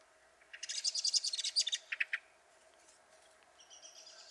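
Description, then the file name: Common blackbird calling, a rapid chattering run of sharp high notes for about a second and a half, ending in two lower notes, then faint calls over a steady low hum. "Turdus merula"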